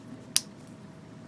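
Two plastic parts are pressed onto the backpack assembly of a 1/144 HG Gundam Sandrock model kit. A single loud, sharp snap sounds at 0.4 seconds against a quiet background. The part is locked into place.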